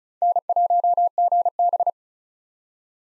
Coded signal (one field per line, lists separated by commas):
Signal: Morse code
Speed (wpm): 34 wpm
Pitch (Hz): 700 Hz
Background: none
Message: N1GB